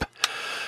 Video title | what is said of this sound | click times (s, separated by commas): Transformers: Age of the Primes: Aerialbots Special: Part 4 of 6: Skydive | and over and ahead snaps into place. Right, good. | 0.2 s